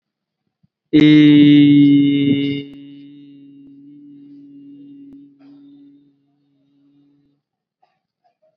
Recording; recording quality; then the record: sustained vowel as in beet; excellent, no background noise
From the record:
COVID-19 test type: RT-PCR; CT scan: not taken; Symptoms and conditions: none ticked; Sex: male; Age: 18 years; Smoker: no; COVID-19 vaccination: both doses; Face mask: worn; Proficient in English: yes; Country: India